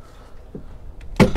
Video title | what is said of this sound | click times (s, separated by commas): £1.5M Yacht Tour : Galeon 640 | that locks into place, | 1.2 s